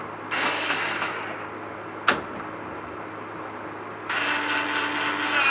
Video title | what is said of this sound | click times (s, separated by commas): August 6, 2020 Chamber Replacement on a Thermodynamics Low-Mass Boiler. 🔥 🔥 🔥 | all right did you hear the click all right | 2.1 s